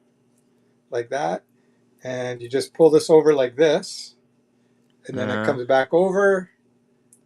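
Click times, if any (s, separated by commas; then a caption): 7.1 s. A man talks while putting a MING 37.05 Series 2 watch on his wrist, pulling the strap end over and folding it back. The strap clasp closes on the strap with a single sharp snap at 7.1 s, seating it in place.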